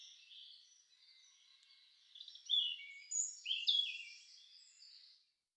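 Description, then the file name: European robin delivering a soft, continuous high warble that swells into sharper, louder notes midway before fading out. "roodborst"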